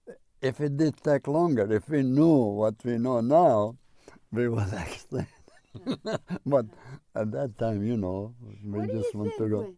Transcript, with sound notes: if it did take longer, if we knew what we know now, we would actually, (he laughs) but at that time, you know, we just want to go...